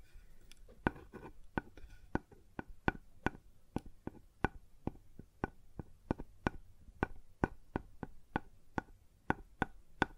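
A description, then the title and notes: Sharp taps on a wooden surface follow one another at a fairly steady pace, about two or three per second, for the whole stretch. Each knock is short and crisp with a dull low thud beneath it, and a faint hush fills the gaps between strikes. ASMR Sounds on Wooden Surface (No Talking).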